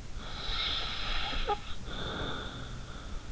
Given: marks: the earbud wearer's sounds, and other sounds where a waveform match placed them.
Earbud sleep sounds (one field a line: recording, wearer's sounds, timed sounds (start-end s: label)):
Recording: sounds in sleep by an in-ear microphone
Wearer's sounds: snoring breath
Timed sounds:
0.34-3.26 s: snoring breath